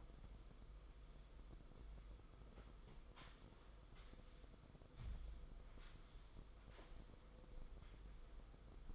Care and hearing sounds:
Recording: daily activity, microphone in the room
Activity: sweep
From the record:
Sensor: 5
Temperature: 22.3 degrees Celsius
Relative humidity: 52.2%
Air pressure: 990.7 hPa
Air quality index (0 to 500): 163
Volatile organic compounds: 287 ppm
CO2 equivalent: 4452 ppm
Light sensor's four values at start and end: 42/130/50/53 and 42/130/50/53

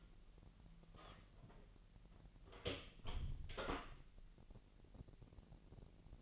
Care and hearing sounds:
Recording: daily activity, microphone in the room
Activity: close door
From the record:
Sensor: 4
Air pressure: 1002.1 hPa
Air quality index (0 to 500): 247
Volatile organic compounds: 40 ppm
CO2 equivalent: 3154 ppm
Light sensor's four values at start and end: 9/21/8/8 and 10/22/9/8

